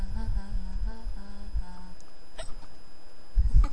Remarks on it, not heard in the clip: They are, my hiccups. Know they're weird timing. I never know when to expect them come and go as they please.